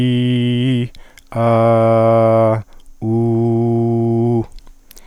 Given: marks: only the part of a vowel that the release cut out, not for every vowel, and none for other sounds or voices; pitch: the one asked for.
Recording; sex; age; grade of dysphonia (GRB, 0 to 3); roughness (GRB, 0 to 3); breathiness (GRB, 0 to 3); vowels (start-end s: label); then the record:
sustained vowels; male; 60 to 69 years; 0; 0; 0
0.00-0.66 s: vowel /i/, normal pitch
1.60-2.19 s: vowel /a/, normal pitch
3.10-4.34 s: vowel /u/, normal pitch
From the record:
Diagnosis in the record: healthy voice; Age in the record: 66 years